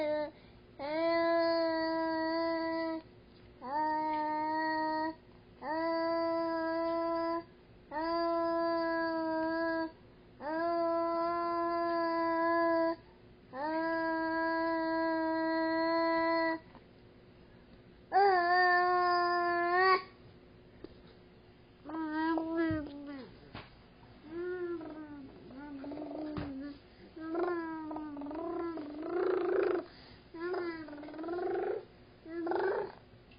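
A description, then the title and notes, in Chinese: Meowing: first six long, level-pitched calls of about two seconds each, separated by short silences, then a wavering, trilled call near 18 seconds. After 22 seconds the sounds turn shorter and bending, closer together, with a couple of sharp clicks. 喵喵叫+彈舌音。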